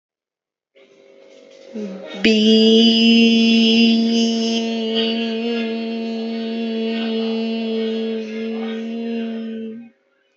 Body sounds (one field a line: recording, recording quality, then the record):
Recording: sustained vowel as in beet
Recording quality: excellent, no background noise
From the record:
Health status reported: respiratory illness, not identified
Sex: female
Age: 26 years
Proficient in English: yes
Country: India